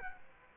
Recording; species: mosquito wingbeat signal from an infrared sensor; Aedes aegypti